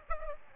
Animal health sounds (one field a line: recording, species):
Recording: mosquito wingbeat signal from an infrared sensor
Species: Aedes aegypti